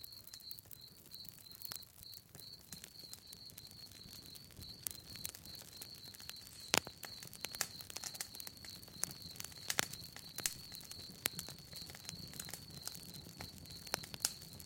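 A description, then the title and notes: A campfire crackles with frequent sharp pops and snaps scattered throughout, a few louder ones standing out. Behind it, crickets chirp in a steady, rapid, high-pitched pulse that never stops, over a soft low rumble of the burning wood. Calming Crackling Campfire (No Birds For Sleep). Crickets chirp as night falls. The fire crackles and pops.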